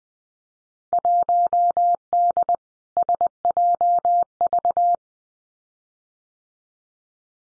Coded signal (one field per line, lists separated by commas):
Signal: Morse code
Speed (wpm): 20 wpm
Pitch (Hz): 700 Hz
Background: none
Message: 1D SJV